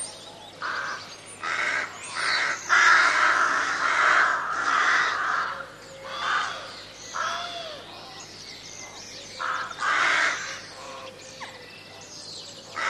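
Crows cawing in irregular harsh bursts, some running together, with quieter gaps between volleys.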